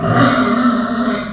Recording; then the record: squeal of a Yucatan mini pig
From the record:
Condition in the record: after surgery on the right vocal fold (resection and tissue-engineered implant); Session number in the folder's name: 11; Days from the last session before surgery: 98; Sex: female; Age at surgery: 19 weeks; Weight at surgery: 25 kg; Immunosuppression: prednisolone